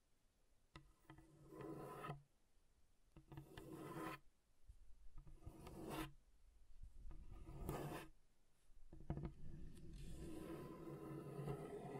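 Scratching across a table surface comes in repeated strokes, each building for a second or two and ending in a bright rasping burst around 2, 4, 6 and 8 seconds. Sharp taps mark the starts, and a rougher, steadier scrape fills the final stretch.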